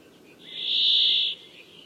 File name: canto do tentilhao montes